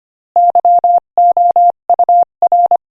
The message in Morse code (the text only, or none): YOUR